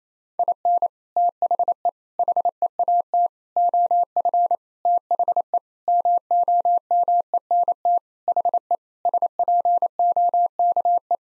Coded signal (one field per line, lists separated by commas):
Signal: Morse code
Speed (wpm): 28 wpm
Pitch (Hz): 700 Hz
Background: none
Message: IN THE HEAT OF THE MOMENT HE SPOKE